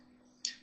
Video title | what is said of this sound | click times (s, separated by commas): Longer Ray 5 Template System | Snaps right into place. | 0.5 s